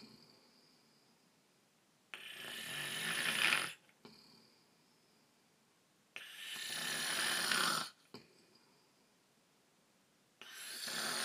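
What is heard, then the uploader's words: Snoring in slow, regular cycles: a long rough, rasping inhale swells at about 2, 6 and 10 seconds, each lasting nearly two seconds and ending abruptly, followed by a brief softer puff. Between breaths there is near silence with a faint low hum. Snoring.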